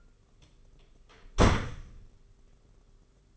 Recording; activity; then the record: daily activity, microphone in the room; close door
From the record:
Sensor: 4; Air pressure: 991.3 hPa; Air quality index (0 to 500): 133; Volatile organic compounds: 47 ppm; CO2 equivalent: 3249 ppm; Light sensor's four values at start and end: 15/36/14/16 and 9/22/8/9